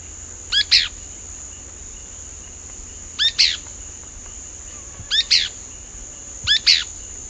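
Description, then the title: Pale-breasted spinetail calling in quick two-note bursts, high and scratchy, repeated four times at irregular gaps against a constant high-pitched insect hum. Subspecies assumed from location to be josephinae. "LuckyPassaro Completos2Sama. Pale-breasted Spinetail (Synallaxis albescens josephinae (ssp assumed from location))"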